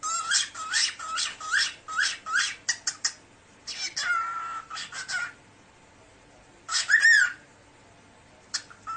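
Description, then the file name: Cockatiel talking: rapid bursts of short, scratchy, rising whistled syllables, a longer tonal whistle near the middle, and a brief whistled call after a pause. "صدای-عروس-هلندی-حرف-زدن-عروس-هلندی"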